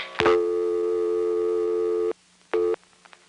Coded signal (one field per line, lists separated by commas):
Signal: telephone call progress tone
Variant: North America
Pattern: dial tone